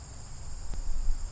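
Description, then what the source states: Insects in a steady, high continuous trill, an unbroken ringing buzz running through the whole moment, with low rumble underneath. Insects recorded in prairie habitat.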